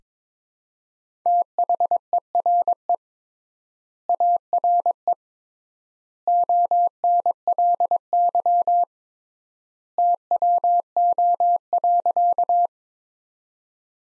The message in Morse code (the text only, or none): THERE ARE ONLY TWO.